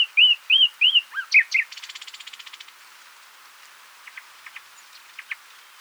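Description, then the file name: Common nightingale song: looping whistled notes, then a fast dry buzzing trill, followed by scattered soft high chips. "Luscinia megarhynchos"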